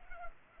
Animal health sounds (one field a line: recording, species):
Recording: mosquito wingbeat signal from an infrared sensor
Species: Culex pipiens